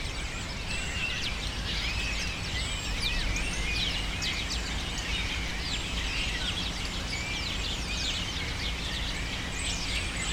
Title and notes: Muchos de los cipreses de mi ciudad se han convertido en el refugio de pájaros que, sobretodo por la tarde, gritan sin parar.